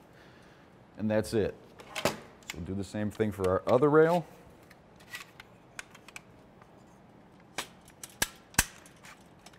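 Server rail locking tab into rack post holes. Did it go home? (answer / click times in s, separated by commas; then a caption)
yes / 8.2 s, 8.6 s. Someone talks, then the second metal server rail for a Scale Computing HC1000/HC3000 Series dual-processor node is pushed onto the rack post amid light tapping and handling ticks. Its locking tab snaps into the rack post holes with sharp clicks at 8.2 s and 8.6 s, and the rail is locked in.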